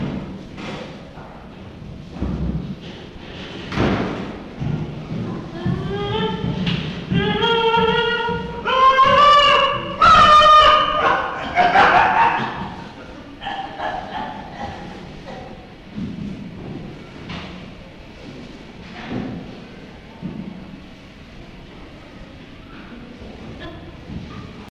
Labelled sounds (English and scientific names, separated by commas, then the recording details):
Chimpanzee (Pan troglodytes)
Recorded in captivity
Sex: pair
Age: adult
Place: Tierpark Berlin, Berlin, DE
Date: 1966-09-21
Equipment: Tonbandgerät v. Herrn Lippert ausgeliehen
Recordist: unbekannt, keine Angabe